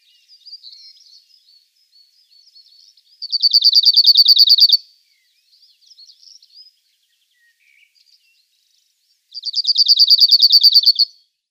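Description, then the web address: Cirl bunting singing flat, rapid metallic trills about six seconds apart, with soft scattered twittering notes in the gaps. "Schulze Peter Cirl Bunting song"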